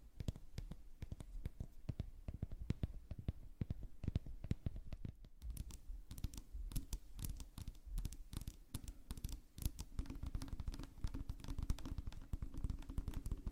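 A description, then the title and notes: Makeup trigger sounds: a dense, irregular stream of sharp taps and clicks runs the whole time, many per second with no steady rhythm. A low, soft rumble sits underneath, and a faint steady tone joins it over the last few seconds. ASMR 20+ Makeup Triggers For Sleep ASMR NO TALKING.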